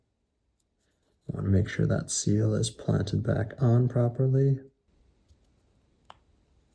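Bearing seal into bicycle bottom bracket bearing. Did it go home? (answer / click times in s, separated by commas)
yes / 6.1 s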